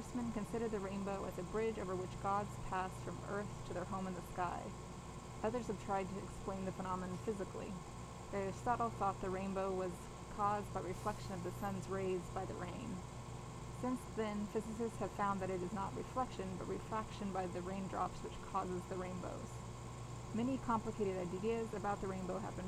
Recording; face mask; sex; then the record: reading aloud; surgical mask; female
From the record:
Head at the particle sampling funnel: turned sideways, cheek in front of it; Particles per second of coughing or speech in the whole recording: 0.843